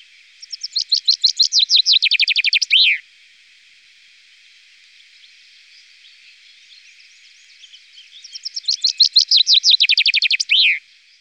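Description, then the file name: Common chaffinch song: two bright trills, each ending in a short descending flourish, about eight seconds apart, with quiet in between. "fringuello"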